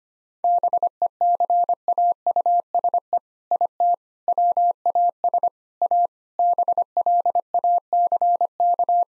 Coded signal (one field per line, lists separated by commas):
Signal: Morse code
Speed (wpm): 25 wpm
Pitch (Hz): 700 Hz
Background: none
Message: BECAUSE IT WAS A BLACK